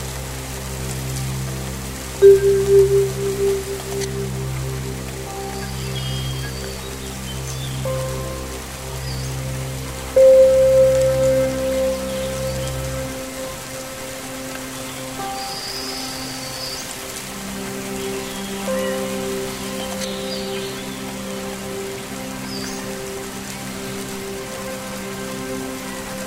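Soft, steady rain patters beneath the long humming ring of singing bowls, struck near two and ten seconds, the deep drone fading midway.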